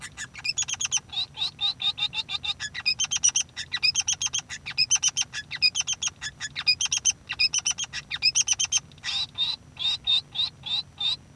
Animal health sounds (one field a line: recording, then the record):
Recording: song of a male Bengalese finch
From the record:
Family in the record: son of father 3